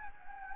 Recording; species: mosquito wingbeat signal from an infrared sensor; Anopheles gambiae